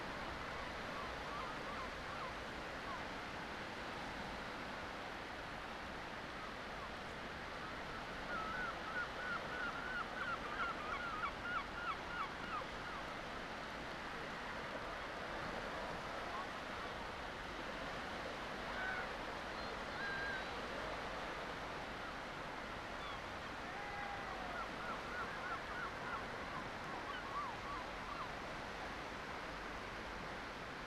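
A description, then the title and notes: A steady, dense wash of sea and surf along a coastline, unbroken for the whole half minute, swelling slightly around ten seconds and again near twenty-five. A bird gives a short run of chirps at about nine seconds and brief calls near twenty. Coastal scapes. Nothe Fort on the Jurassic coast of England.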